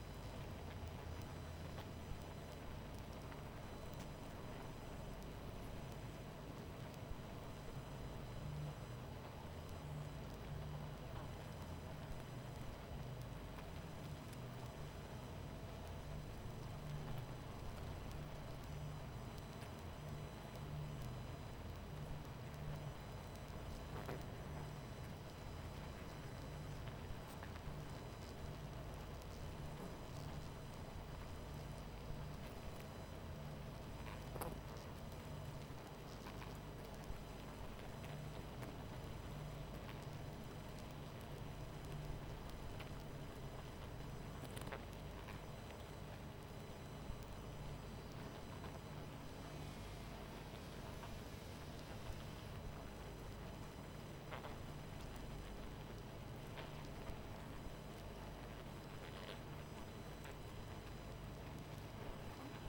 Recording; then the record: honeybee colony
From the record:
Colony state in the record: missing queen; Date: 14 July 2017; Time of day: 22:47